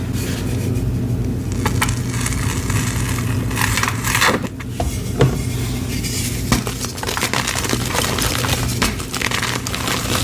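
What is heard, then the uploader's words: Baby oil and gym chalk being crushed, with a dense, steady run of crackling and crunching across all ten seconds. Brighter grinding bursts stand out near 1, 4, 5 and 6.5 seconds over a constant low hum. Baby Oil Gym Chalk Crushing Compilation.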